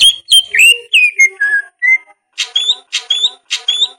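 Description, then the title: Leafbird song, with clear slurred whistles stepping downward, a short pause, then three quick upward-sweeping whistled phrases evenly spaced. "CUCAK IJO"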